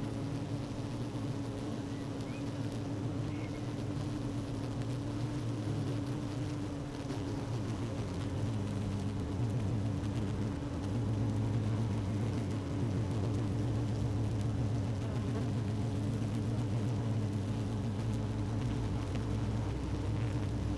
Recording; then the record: honeybee colony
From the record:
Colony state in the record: active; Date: 12 June 2018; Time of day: 16:06